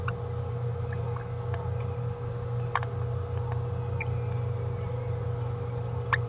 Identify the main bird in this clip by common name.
Green-rumped Parrotlet